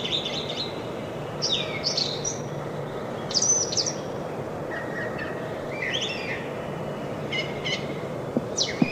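Brown thrasher song, a string of varied short phrases, some slurred and some buzzy, over a steady background hiss.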